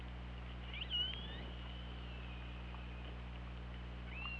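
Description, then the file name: Orca calls, a short rising call followed by a long, gently wavering tone, then another upturned call at the end, against constant hydrophone hiss and low drone. Recorded on an OrcaLab hydrophone, 24 August 2017 at 21:14. "Orca Lab UTLN JASON 20170824 211423"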